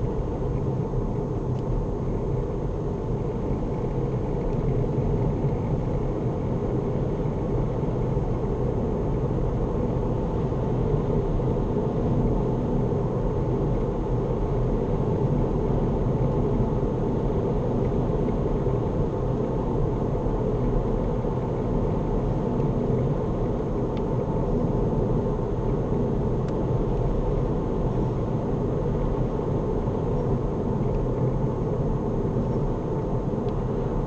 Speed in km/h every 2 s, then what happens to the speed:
71, 74, 74, 82, 87, 89, 89, 90, 90, 89, 90, 89, 87, 89, 87, 84, 82.
0-8 speeds up to 87. 8-28 steady at about 89.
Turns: none.